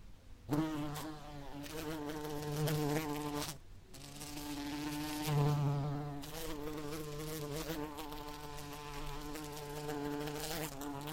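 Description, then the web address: Bee buzzing in flight, a low harmonic drone starting abruptly, briefly dropping out, then continuing with wavering pitch. "el agradable sonido del vuelo de una abeja"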